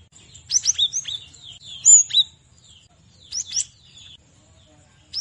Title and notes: Masteran Gelatik Batu 1. burung gelatik